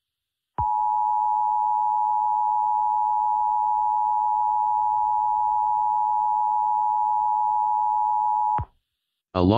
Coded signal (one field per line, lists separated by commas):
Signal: Emergency Alert System (SAME) tones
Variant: 853 and 960 Hz attention tone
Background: speech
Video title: EAS Mock #4 - Law Enforcement Warning